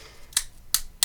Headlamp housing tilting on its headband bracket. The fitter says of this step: the little clicking operation here, I find that, you know, it holds really well when it's on your hand,